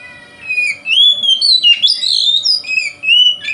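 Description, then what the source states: Oriental magpie-robin song: loud, varied whistled phrases sliding up and down, over a faint steady hum. Called kacer; song style called 'konslet'.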